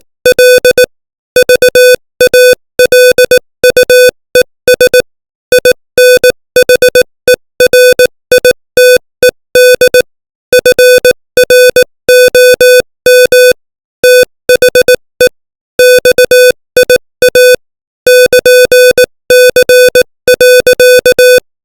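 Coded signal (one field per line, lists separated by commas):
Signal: Morse code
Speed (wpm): 18 wpm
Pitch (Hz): 500 Hz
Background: music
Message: L VALUES INHERITED FROM THE XIA <KN>C.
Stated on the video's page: Morse code lesson text sent at 18 wpm.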